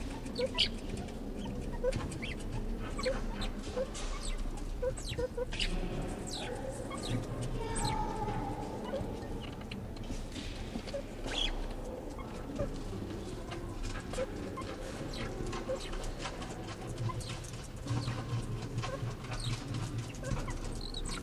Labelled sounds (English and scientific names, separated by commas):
Banded Mongoose (Mungos mungo) call